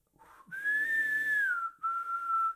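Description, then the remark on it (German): A man whistles a few bars of an opera aria in two phrases: a long, bright, sustained note that gently rises and falls, a brief pause, then a second steady note, with an airy breathiness underneath. “Sein wohltönendes Pfeifen klingt wieder auf, fein mussiert, sehr luftreich prustend, während seine Fäuste großtrommelnd auf die gepolsterten Knie schlagen.”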